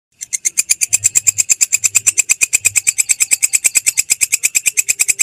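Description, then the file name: Grasshopper stridulating: a rapid, high, dry pulsed series, steady and even after a short silent start. "suara belalang kecek"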